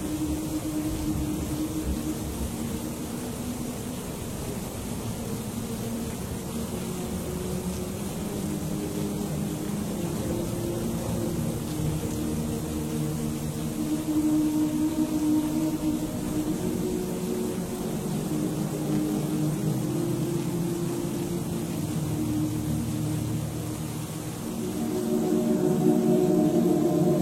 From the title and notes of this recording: Stormy Night In A Medieval Monastery. Stormy ambience in a monastery.